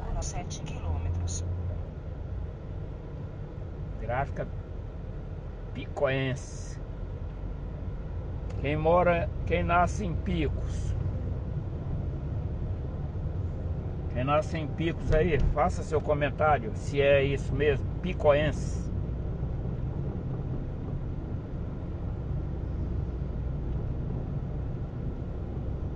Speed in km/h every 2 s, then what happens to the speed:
20, 19, 17, 22, 24, 27, 29, 31, 34, 38, 36, 37, 37.
0-5 steady at about 19. 5-18 speeds up to 38. 18-26 steady at about 37.